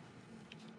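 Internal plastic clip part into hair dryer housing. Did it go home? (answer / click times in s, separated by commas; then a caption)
no / none. During reassembly in a DIY repair of a hair-clogged Dyson HD01 hair dryer, an internal plastic clip part is handled toward its place in the dryer housing. There is only a steady low rumble with a faint, brief brighter rustle around 0.5 s. Nothing has seated or clicked yet.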